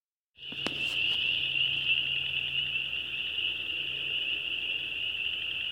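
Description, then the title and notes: Tree frogs in a dense, continuous high trilling chorus that holds steady throughout, with a couple of sharp clicks near the start. "Tree Frogs by Christie Mullen"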